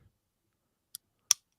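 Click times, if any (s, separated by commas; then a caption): 1.0 s, 1.3 s. A folding knife's blade is locked into its handle, giving a faint tick at 1.0 s and then a sharp, bright click at 1.3 s as the lock engages. There is a brief low rumble at the very start. The blade locks into place with an audible click.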